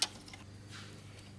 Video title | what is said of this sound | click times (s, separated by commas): Audi A3 VR6 Build - Much needed maintenance! Ep.4 | see this is one of the instances where putting it back together is a lot easier than taking it apart click | 0.0 s